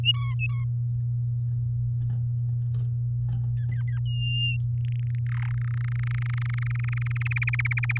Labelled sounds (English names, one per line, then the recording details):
Domestic Canary song
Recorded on 8 May 2018 at 15:43
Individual llb16